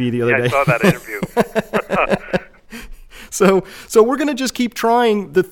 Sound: laughter